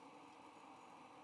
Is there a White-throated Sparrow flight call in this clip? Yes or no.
no